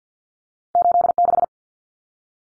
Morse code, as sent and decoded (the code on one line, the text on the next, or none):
---.. -....
86